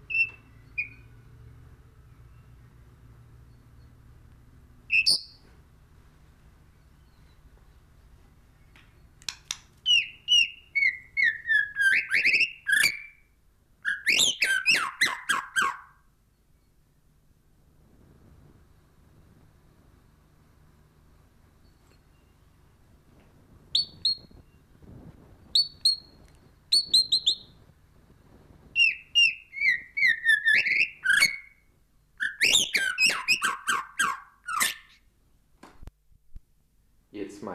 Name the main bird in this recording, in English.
White-rumped Shama